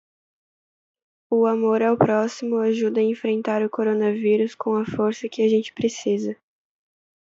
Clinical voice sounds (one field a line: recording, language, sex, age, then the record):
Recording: spoken sentence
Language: Brazilian Portuguese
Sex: female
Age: 20 to 29 years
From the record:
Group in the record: control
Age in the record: 20 years